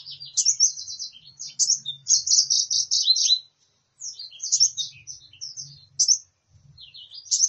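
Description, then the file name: Sunbird song: rapid high-pitched twittering phrases of thin, jumbled notes, broken by a short pause and then resuming in quick bursts. Sunbird sound used as a lure to provoke birds into calling. "suara burung madu untuk memancing bunyi"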